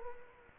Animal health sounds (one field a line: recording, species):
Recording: mosquito wingbeat signal from an infrared sensor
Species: Culex quinquefasciatus